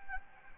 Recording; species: mosquito wingbeat signal from an infrared sensor; Anopheles gambiae